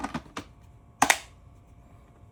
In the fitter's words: Snap it back in place.